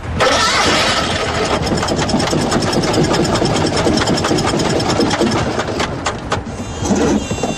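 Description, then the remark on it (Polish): The engine of a Fiat 126p small car, made from 1973, cranks and catches, then runs at a loud, rattling idle with a rapid, uneven putter that carries on steadily to the end, with no voices. “Mimo to maluch, a dokładnie mówiąc Fiat 126P, od 1973 roku był ukochanym samochodem Polaków.”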